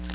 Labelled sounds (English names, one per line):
Nashville Warbler flight call